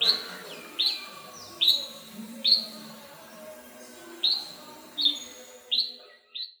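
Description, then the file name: Red-whiskered bulbul giving about eight clear, sharp call notes at uneven intervals. "Red-whiskered bulbul (Pycnonotus jocosus)"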